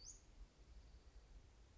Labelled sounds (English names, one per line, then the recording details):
Western Flycatcher
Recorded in Sonoma County, California